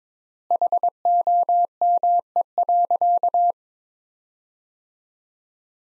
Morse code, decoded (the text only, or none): HOME.